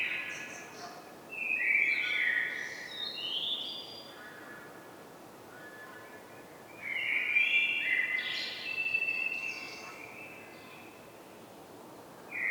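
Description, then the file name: Common blackbird giving two varied, flute-like song phrases with high scratchy flourishes, several seconds apart, and a further phrase just beginning at the end; faint background hiss throughout. "Turdus merula"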